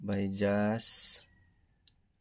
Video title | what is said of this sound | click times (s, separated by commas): How to return the hand watch cover with the Presser | So I cannot, you can see, you cannot hear the click sound. | none